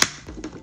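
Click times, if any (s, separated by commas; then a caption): 0.0 s. After its hooks are lined up, a replacement plastic spacebar keycap is pressed down onto a Mac laptop keyboard's retaining clips. It snaps in with a sharp, loud click at 0.0 s, followed by two fainter taps around 0.4 and 0.6 s. The keycap is seated.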